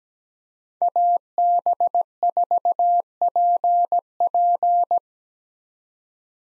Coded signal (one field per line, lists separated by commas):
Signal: Morse code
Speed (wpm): 17 wpm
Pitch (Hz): 700 Hz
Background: none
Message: AB4PP